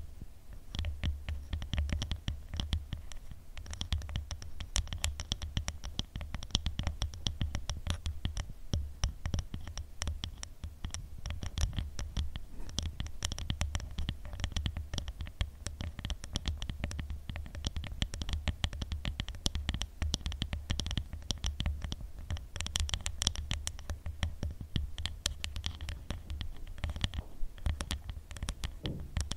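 Tapping with no talking, a dense, continuous patter of quick clicks and taps running the full length without pause. The taps are irregular and overlapping, with a bright clicky edge, a few scratchy strokes mixed in, and a steady low hum underneath.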